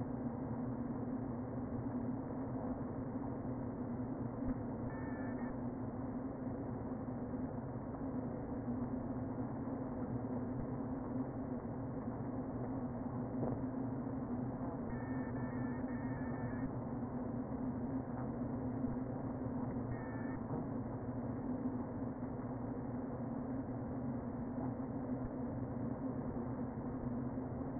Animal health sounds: honeybee colony, microphone inside the hive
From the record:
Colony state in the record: queen present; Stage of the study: before two queens were removed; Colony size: about 60,000 bees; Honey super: yes

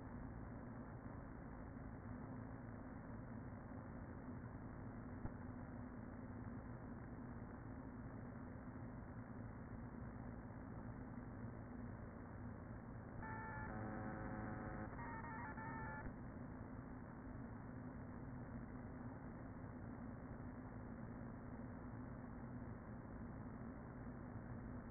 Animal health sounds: honeybee colony, microphone inside the hive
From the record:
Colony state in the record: queen present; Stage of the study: after two queens were removed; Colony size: about 40,000 bees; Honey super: no

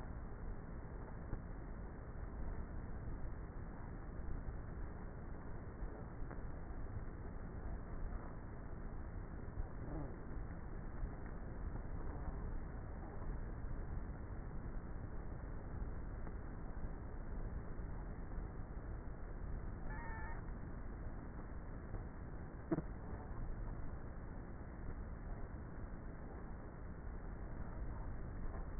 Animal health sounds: honeybee colony, microphone inside the hive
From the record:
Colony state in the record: queenless with a low population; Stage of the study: before two queens were removed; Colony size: about 30,000 bees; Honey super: no

